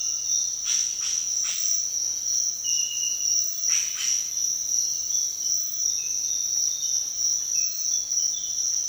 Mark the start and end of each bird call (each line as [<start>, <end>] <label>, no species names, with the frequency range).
[0.69, 1.65] bird call (1.0-8.8 kHz)
[3.65, 4.21] bird call (1.3-7.8 kHz)